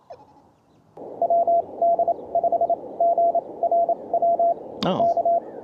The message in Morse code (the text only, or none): WD5GRW K